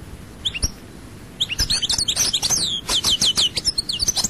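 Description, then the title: European goldfinch song, a couple of isolated high chirps followed by a fast, liquid run of twittering notes and short trills. "Chant Chardonneret"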